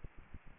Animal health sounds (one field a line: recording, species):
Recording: mosquito wingbeat signal from an infrared sensor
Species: Aedes aegypti